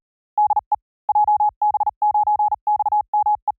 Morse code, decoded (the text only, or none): DE JB9XME